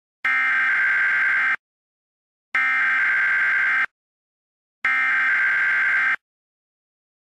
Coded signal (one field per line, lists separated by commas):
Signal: Emergency Alert System (SAME) tones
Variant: header bursts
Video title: Emergency Alert System Nuclear Bomb Warning